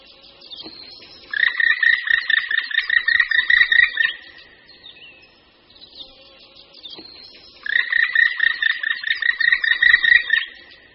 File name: Datel-černý